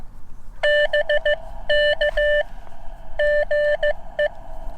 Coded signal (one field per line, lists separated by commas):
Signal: Morse code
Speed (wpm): 15 wpm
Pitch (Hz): 590 Hz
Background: none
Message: BK GE